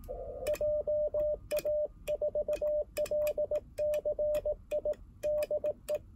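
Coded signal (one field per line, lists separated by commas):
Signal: Morse code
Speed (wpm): 18 wpm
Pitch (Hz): 600 Hz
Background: radio noise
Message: JA4LCI DE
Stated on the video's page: Beginner CW contact on 28 MHz at 18 WPM, IC-705 at 10W into a carbon fishing-rod wire antenna; other station used 4-element Yagi; conditions faded near the end.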